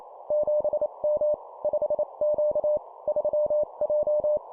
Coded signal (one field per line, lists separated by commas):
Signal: Morse code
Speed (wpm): 28 wpm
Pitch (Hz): 600 Hz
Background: none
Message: 7M 5Q 3J